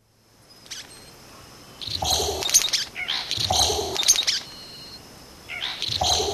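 Vogelkop bowerbird making three loud, raspy, broken calls over faint high tones.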